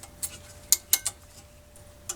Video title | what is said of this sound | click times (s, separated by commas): 2014 Honda Odyssey Rear Brake Pad Replacement - DIY | And then these just you just line them up and they just snap into place. | 0.7 s, 0.9 s